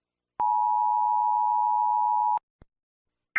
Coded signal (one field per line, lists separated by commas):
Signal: Emergency Alert System (SAME) tones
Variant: 853 and 960 Hz attention tone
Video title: EAS Scenario - The Deadly Big One (Part 3)